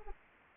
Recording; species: mosquito wingbeat signal from an infrared sensor; Anopheles arabiensis